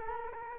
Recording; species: mosquito wingbeat signal from an infrared sensor; Culex quinquefasciatus